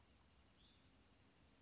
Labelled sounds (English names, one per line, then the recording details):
Hutton's Vireo
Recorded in Sonoma County, California